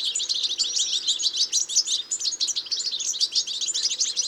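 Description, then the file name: European goldfinch calls, a dense, continuous stream of high, tinkling twitters and chirps with no pauses throughout. "Carduelis carduelis"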